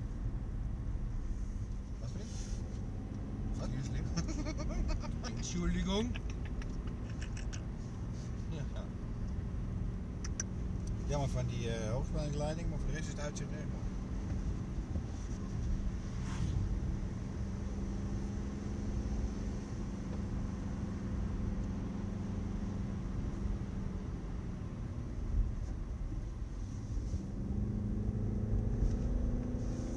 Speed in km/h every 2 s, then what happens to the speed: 54, 61, 67, 68, 68, 70, 70, 73, 72, 74, 76, 66, 53, 51, 68.
0-20 speeds up to 76. 20-26 brakes to 51. 26-30 speeds up to 68.